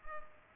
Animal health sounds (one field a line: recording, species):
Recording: mosquito wingbeat signal from an infrared sensor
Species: Culex pipiens